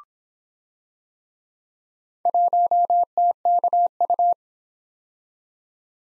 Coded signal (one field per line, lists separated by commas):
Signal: Morse code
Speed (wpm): 25 wpm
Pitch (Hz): 700 Hz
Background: none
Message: 1TKU